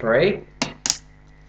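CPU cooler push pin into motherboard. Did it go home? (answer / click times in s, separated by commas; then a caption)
yes / 0.6 s. The third push pin of a CPU cooler heatsink is pressed into its hole in the motherboard and clicks into place at 0.6 s. Someone talks just before the click, and a second sharp, brighter tap follows at 0.9 s.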